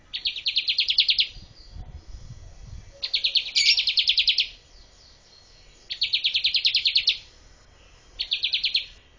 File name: suara ciblek kurawa